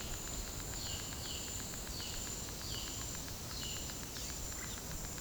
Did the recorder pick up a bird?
yes